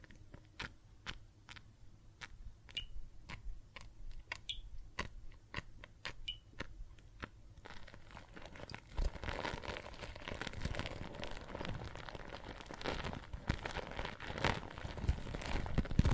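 Water and soap foam, starting with sparse, separate little clicks and pops for the first seven seconds or so, a few with a faint squeak. Then the sound thickens into a dense, steady fizzing crackle of tiny bubbles that grows slightly louder toward the end.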